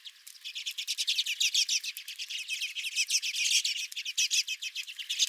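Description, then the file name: Redpolls giving a steady stream of quick, dry chattering notes from several birds at once, with no clear pauses. Several redpolls at the recordist's own feeder. "Redpolls at My Feeder"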